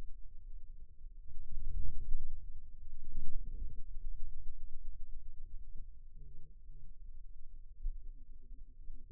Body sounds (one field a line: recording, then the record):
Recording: forearm muscle sounds (acoustic myography)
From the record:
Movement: outward rotation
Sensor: system 2, bracelet of six BSWA MPA416 microphones around the upper forearm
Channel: 2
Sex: male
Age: 22 years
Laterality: right